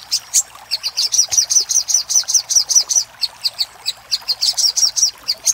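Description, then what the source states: Little spiderhunter song: continuous high, chipping notes repeated about two or three times a second in a lively, slightly uneven rhythm. Master recording for training cage birds.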